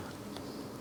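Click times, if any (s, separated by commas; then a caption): none. A broken plastic part of an XP pinpointer holster is being pushed back into its seat in the holster body with a knife tip, heard as a steady low rustling and scraping hum with faint handling noise. Nothing has seated or clicked yet.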